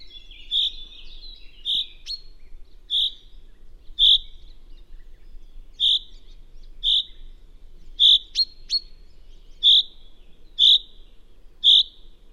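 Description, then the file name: Common chaffinch calls: short, sharp, high 'pink' notes repeated roughly once a second, over faint low background hum. "Fringilla coelebs"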